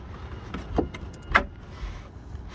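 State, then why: Seated. A turn signal socket holding a new Auxito 7440 LED bulb is turned clockwise into the tail light housing, with a few soft plastic ticks around 0.5, 0.8 and 1.0 seconds. A sharp, loud click at 1.4 seconds marks the socket locking into place, seated in the housing.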